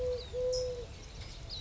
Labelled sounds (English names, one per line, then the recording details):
Eurasian Collared Dove
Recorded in Sonoma County, California